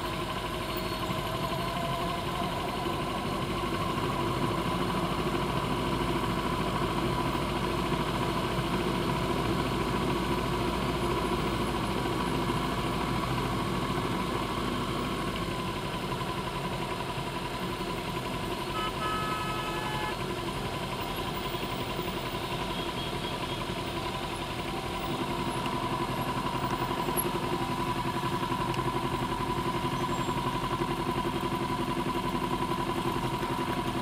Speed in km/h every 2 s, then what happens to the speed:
10, 10, 11, 11, 11, 11, 11, 10, 8, 8, 8, 6, 3, 0, 0, 0, 0.
0-22 steady at about 10. 22-25 slows to 0. 25-34 standing.